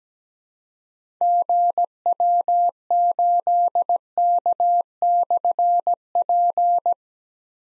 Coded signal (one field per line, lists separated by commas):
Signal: Morse code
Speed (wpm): 17 wpm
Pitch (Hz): 700 Hz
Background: none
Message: GW8K/P